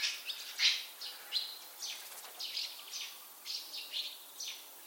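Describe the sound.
Bird chirping: short high chirps in loose bursts, a few every second, with gaps between phrases over faint steady background hiss.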